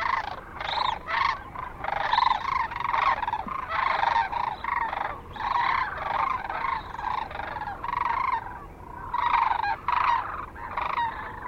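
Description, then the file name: Sandhill crane flock in loud chorus, overlapping rolling, trumpeting rattles in rapid bursts. Kearney, Nebraska, 9 March 2004. "2004-03-09 SACRandmore C Kearney NE"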